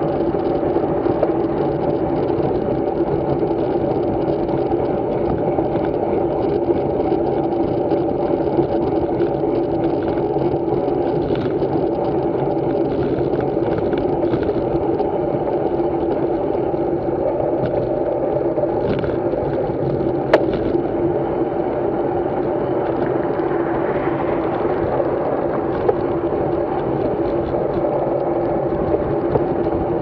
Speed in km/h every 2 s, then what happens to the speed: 31, 32, 32, 27, 32, 29, 31, 29, 27, 28, 29, 33, 34, 33, 34.
0-19 steady at about 29. 19-23 speeds up to 34. 23-30 steady at about 34.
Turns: none.